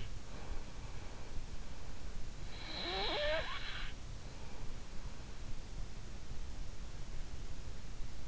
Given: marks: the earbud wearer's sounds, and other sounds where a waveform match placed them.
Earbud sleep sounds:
sounds in sleep by an in-ear microphone; breath, snoring breath
0.00-1.95 s: breath
1.95-5.26 s: snoring breath

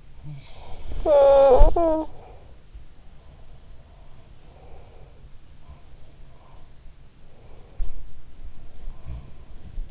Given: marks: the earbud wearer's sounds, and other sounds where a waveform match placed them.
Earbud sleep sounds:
sounds in sleep by an in-ear microphone; talking in sleep
0.00-2.17 s: talking in sleep
3.06-5.27 s: sound from someone else or the room
5.49-8.08 s: sound from someone else or the room

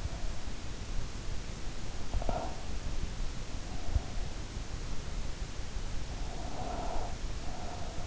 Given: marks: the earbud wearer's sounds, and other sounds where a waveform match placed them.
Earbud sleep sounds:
sounds in sleep by an in-ear microphone; breath
1.42-2.80 s: breath
5.89-8.07 s: breath

